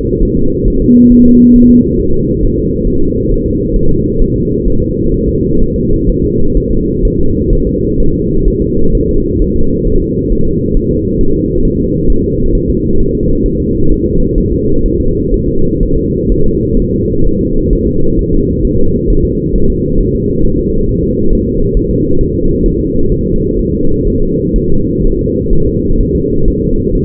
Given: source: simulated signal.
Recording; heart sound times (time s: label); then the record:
fetal heart sounds
0.22 s: S1
0.37 s: S2
0.68 s: S1
0.82 s: S2
1.12 s: S1
1.27 s: S2
1.56 s: S1
1.70 s: S2
2.00 s: S1
2.14 s: S2
2.43 s: S1
2.58 s: S2
2.87 s: S1
3.02 s: S2
3.32 s: S1
3.46 s: S2
3.76 s: S1
3.91 s: S2
4.22 s: S1
4.36 s: S2
4.68 s: S1
4.82 s: S2
5.14 s: S1
5.28 s: S2
5.62 s: S1
5.76 s: S2
6.09 s: S1
6.24 s: S2
6.57 s: S1
6.72 s: S2
7.05 s: S1
7.19 s: S2
7.53 s: S1
7.67 s: S2
8.00 s: S1
8.14 s: S2
8.48 s: S1
8.62 s: S2
8.95 s: S1
9.09 s: S2
9.42 s: S1
9.56 s: S2
9.87 s: S1
10.02 s: S2
10.32 s: S1
10.47 s: S2
10.77 s: S1
10.91 s: S2
11.21 s: S1
11.35 s: S2
11.65 s: S1
11.80 s: S2
12.10 s: S1
12.24 s: S2
12.55 s: S1
12.69 s: S2
13.00 s: S1
13.15 s: S2
13.46 s: S1
13.60 s: S2
13.91 s: S1
14.06 s: S2
14.38 s: S1
14.52 s: S2
14.86 s: S1
15.00 s: S2
15.34 s: S1
15.48 s: S2
15.83 s: S1
15.97 s: S2
16.32 s: S1
16.46 s: S2
16.80 s: S1
16.94 s: S2
17.27 s: S1
17.41 s: S2
17.73 s: S1
17.87 s: S2
18.19 s: S1
18.33 s: S2
18.65 s: S1
18.79 s: S2
19.10 s: S1
19.25 s: S2
19.56 s: S1
19.70 s: S2
20.00 s: S1
20.15 s: S2
20.45 s: S1
20.59 s: S2
20.89 s: S1
21.03 s: S2
21.33 s: S1
21.47 s: S2
21.77 s: S1
21.91 s: S2
22.21 s: S1
22.35 s: S2
22.66 s: S1
22.80 s: S2
23.12 s: S1
23.26 s: S2
23.59 s: S1
23.74 s: S2
24.07 s: S1
24.22 s: S2
24.56 s: S1
24.70 s: S2
25.05 s: S1
25.19 s: S2
25.53 s: S1
25.67 s: S2
26.00 s: S1
26.15 s: S2
26.48 s: S1
26.62 s: S2
26.95 s: S1
From the record:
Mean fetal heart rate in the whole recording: 130 bpm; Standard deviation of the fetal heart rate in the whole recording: 4 bpm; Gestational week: 38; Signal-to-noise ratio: -17.7 dB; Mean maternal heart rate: 72 bpm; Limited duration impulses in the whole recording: present